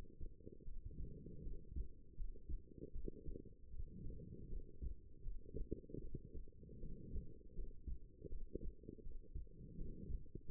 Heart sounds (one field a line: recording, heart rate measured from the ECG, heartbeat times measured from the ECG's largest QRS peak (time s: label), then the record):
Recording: heart sounds by stethoscope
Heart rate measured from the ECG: 79 bpm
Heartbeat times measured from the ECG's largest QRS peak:
0.63 s: heartbeat
1.41 s: heartbeat
2.15 s: heartbeat
2.91 s: heartbeat
3.69 s: heartbeat
4.47 s: heartbeat
5.21 s: heartbeat
5.99 s: heartbeat
6.78 s: heartbeat
7.53 s: heartbeat
8.28 s: heartbeat
9.02 s: heartbeat
9.75 s: heartbeat
10.45 s: heartbeat
From the record:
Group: healthy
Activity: rest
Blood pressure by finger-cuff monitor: 115/87 mmHg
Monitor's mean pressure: 99 mmHg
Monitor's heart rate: 78 bpm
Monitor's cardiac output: 6.1 L/min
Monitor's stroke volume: 77 mL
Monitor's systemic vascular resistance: 1190 dyn s/cm5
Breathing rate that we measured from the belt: 21 breaths a minute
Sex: female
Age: 23 years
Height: 160 cm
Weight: 50.4 kg